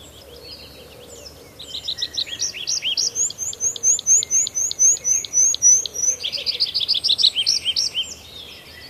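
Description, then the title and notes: Tree Pipit song building from quiet to loud: rapid high trills, a run of repeated sharp notes, then fast twittering phrases. "Viikon luontoääni: Metsäkirvinen. Risto Salovaara"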